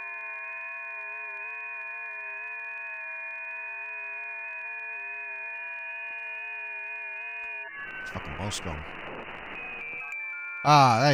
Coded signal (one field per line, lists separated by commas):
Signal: FT8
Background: speech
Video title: Scanning the airwaves with the SDR